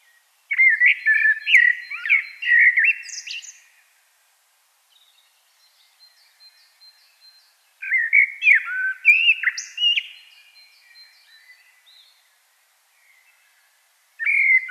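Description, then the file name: Common blackbird song: two fluty warbled phrases around mid pitch, each ending in a thin squeaky twitter, separated by several seconds of quiet with faint high notes; a third phrase begins at the end. "Turdus merula"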